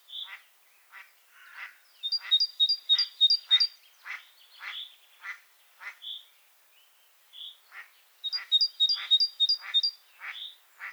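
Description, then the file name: Great tit song in two rapid series of high two-note phrases, mixed with many harsh buzzy notes and soft round chirps from birds throughout. "Parus major"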